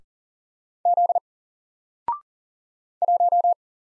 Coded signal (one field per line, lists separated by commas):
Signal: Morse code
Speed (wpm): 40 wpm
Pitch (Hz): 700 Hz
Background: none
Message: Z 1